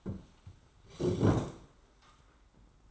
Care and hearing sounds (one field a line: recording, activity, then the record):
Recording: daily activity, microphone in the room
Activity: sit down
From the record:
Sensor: 3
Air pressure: 991.6 hPa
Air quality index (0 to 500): 176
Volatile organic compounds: 1000 ppm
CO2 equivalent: 5871 ppm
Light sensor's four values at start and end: 36/100/41/35 and 38/109/44/38